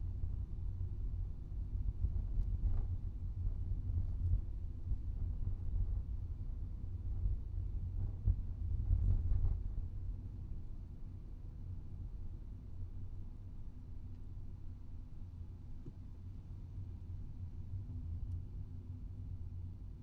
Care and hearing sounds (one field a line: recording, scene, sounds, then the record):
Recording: everyday scene through a hearing-aid microphone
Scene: in a vehicle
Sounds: engine, rumble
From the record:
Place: Skoda Fabia, gasoline engine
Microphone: in the ear canal, right